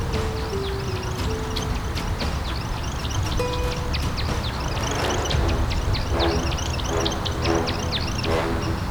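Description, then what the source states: American woodcock display twittering: a rapid, continuous series of high chirps, with a few low steady tones and a background rumble. Males make aerial displays on territorial grounds (lek) after dusk and before dawn, in spring near open meadows and woodland; audio modified for high-frequency hearing loss.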